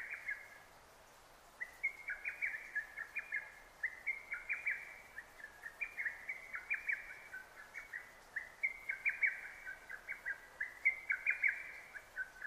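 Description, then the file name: Lesser cuckoo song: quick staccato whistled phrases of several notes, following one another almost without pause. Recorded 6 June 2009. "hototogisu 20090606"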